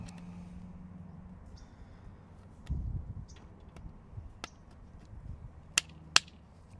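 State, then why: Seated. A replacement seat controller module is pressed onto the passenger seat frame of a 2021 Tesla Model 3 until its bottom clip snaps home. It had not been clicked in before, which is why it was sticking. After a low rumble and a few light taps, two sharp clicks ring out at 5.8 s and 6.2 s, and the controller is seated.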